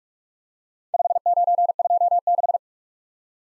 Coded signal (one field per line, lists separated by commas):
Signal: Morse code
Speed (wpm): 44 wpm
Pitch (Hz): 700 Hz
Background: none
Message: 5926